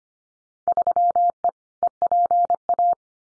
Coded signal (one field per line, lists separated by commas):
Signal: Morse code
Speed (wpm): 25 wpm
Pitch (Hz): 700 Hz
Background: none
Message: 3E EPA